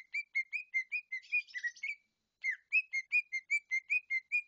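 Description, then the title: Leafbird song with fast, evenly spaced whistled notes, a short buzzy flourish, a brief silence, then a steady repeated series. "CUCAK IJO"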